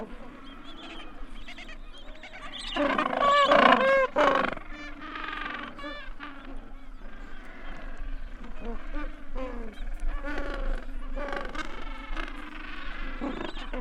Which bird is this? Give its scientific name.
Pygoscelis papua